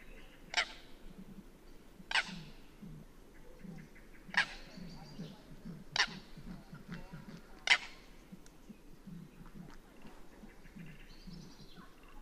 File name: Tasmanian nativehen